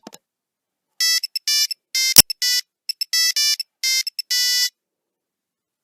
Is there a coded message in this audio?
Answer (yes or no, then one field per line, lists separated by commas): no